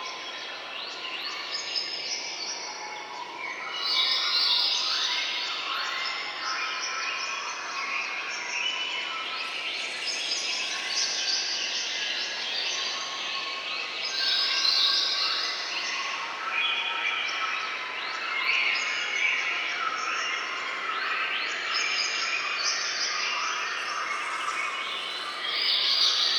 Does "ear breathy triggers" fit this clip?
no